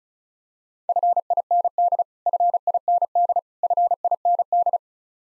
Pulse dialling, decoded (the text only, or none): none